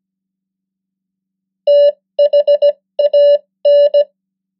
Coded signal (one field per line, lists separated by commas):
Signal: Morse code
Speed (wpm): 17 wpm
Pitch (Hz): 580 Hz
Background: none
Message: THAN